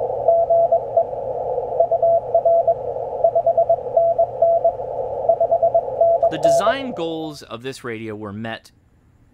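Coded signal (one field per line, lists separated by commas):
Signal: Morse code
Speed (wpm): 21 wpm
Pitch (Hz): 670 Hz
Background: speech, radio noise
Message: GE UR 5NN 5NN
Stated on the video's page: Morse from the CFT1 five-band radio.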